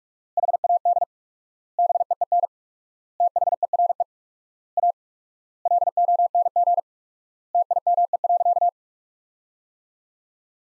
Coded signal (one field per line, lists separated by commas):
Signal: Morse code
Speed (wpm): 46 wpm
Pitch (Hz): 700 Hz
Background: none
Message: HAD BEEN THERE A LONG TIME.